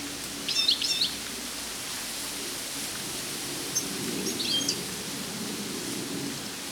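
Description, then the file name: European goldfinch calls, two short bursts of high twittering notes about three and a half seconds apart, over steady hiss. "Carduelis carduelis"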